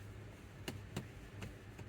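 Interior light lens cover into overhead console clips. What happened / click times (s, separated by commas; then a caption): Plastic cover handled, not yet seated; several light ticks but no clear single snap home / none. The plastic dome/map light lens cover of a 2006-2015 Audi Q7 is handled at the overhead console after the bulbs have been replaced, before it is pressed up onto its small retaining clips. Short, sharp plastic ticks sound at about 0.7, 1.0 and 1.4 seconds over a steady low hum. Nothing has seated or clicked yet.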